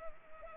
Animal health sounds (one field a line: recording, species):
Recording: mosquito wingbeat signal from an infrared sensor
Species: Anopheles arabiensis